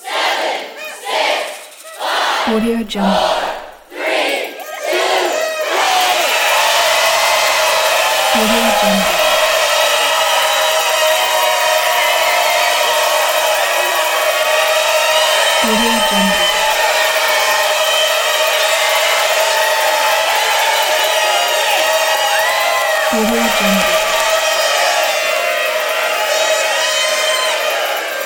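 New Year's Eve celebrations: a few loud cheers and shouts in the first five seconds, then a dense, steady roar of crowd noise that fills the rest of the clip. A low thump or pop recurs about every seven seconds beneath the continuous hubbub.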